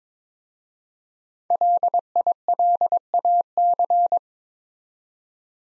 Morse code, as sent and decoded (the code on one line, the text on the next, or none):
.-.. .. .-.. .- -.-.
LILAC